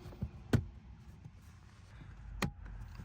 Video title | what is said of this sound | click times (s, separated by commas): How to change Mini Cooper Filters - Cabin Filter & Engine Filter Change - 2023 Mini Countryman | And then once it's lined up, you should give it a little bit of force, and then you'll hear it kind of snap in place. | 0.5 s, 2.4 s